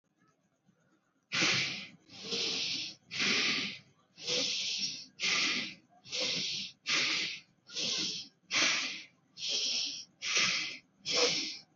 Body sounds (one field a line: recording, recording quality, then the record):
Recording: shallow breathing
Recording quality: moderate, slight background noise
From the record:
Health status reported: healthy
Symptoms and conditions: none ticked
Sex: male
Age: 19 years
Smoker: not ticked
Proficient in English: yes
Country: India